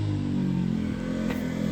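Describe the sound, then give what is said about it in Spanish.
A motorcycle engine drones loud for the whole stretch as it comes along a road with heavy traffic at 2 a.m., its low buzzing hum holding steady with a brief rushing whoosh near the end, and no one speaking. “¡ay, santa moto viene!”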